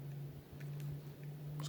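A plastic tab on a transforming action figure is lined up with a small slot on the same figure and pushed home, with faint handling noise and a steady low hum throughout. Small ticks sound at about 0.6 s and 0.8 s. A crisp click at 1.6 s marks the tab seating in the slot.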